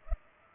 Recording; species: mosquito wingbeat signal from an infrared sensor; Culex pipiens